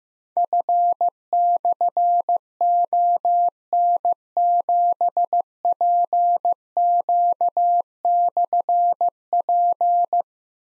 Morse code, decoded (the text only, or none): F/ON7PQ/P